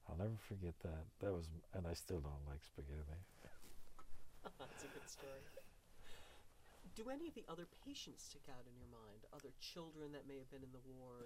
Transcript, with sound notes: I'll never forget that. But it was, and I still don't like spaghetti.
(he laughs) That's a good story. Do any of the other patients stick out in your mind, other children that may have been in the ward or...